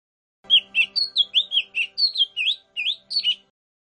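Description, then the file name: Lesser green leafbird song: a quick run of many sweet, slurred whistled notes, each bending up and down, delivered steadily in one burst lasting about three seconds. "cucak hijau mini. omkicau"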